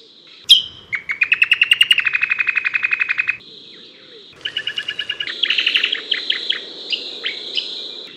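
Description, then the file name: Dark-brown honeyeater song: a sharp note, then fast rattling trills of clipped chirps, a pause, and more varied chattering phrases over a steady high hiss. "lichmera incana"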